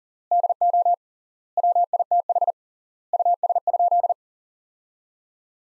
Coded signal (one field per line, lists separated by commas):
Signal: Morse code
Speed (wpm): 37 wpm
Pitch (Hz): 700 Hz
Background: none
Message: DO WITH US?